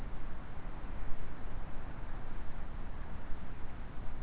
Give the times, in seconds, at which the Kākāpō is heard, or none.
none